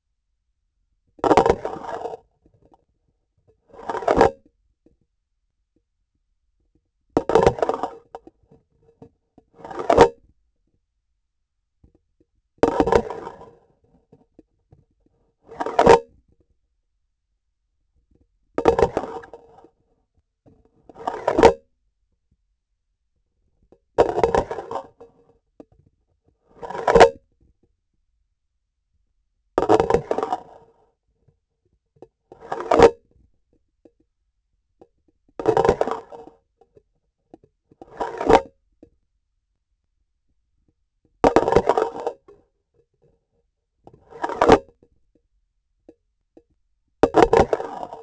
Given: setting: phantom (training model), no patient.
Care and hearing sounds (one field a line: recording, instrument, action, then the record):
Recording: laparoscopic instrument, vibration sensor on the handle end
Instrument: grasping forceps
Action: insertion and removal through the trocar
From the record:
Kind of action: spatial motion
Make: Olympus